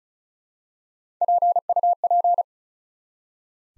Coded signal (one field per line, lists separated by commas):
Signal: Morse code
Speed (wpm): 36 wpm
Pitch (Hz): 700 Hz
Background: none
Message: PUP